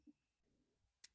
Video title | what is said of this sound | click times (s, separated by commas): How to Install Ink Cartridges in Canon Pixma TS6550i Printer | And now you just need to push down both of these lids until they click. | 1.0 s